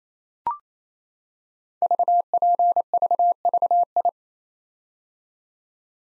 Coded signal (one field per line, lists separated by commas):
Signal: Morse code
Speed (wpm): 27 wpm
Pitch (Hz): 700 Hz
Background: none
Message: VPVVI